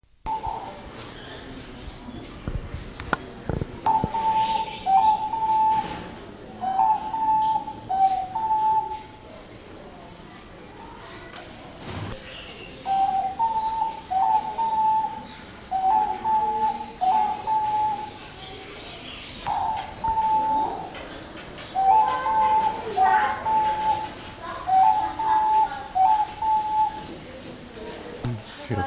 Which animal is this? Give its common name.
Diamond Dove